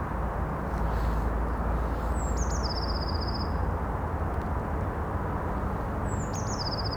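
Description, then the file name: Eurasian blue tit calls, each a high thin note slipping down into a fast, even trill, heard twice about four seconds apart over a constant loud low rumble like traffic. "Cyanistes caeruleus"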